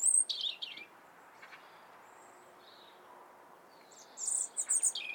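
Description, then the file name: European robin song: a short high twittering phrase at the start and another sparkling burst at the end, with a quiet gap between them. "Erithacus rubecula"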